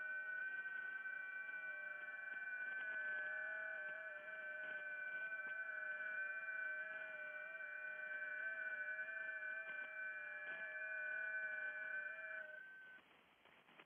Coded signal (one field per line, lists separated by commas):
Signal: FT8